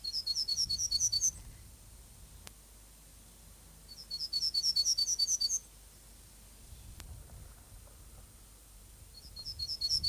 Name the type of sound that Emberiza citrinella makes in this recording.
song